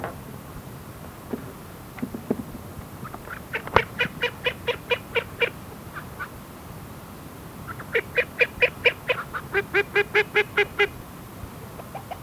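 Duck quacks in two long rhythmic bouts of loud nasal notes, with scattered single calls before them.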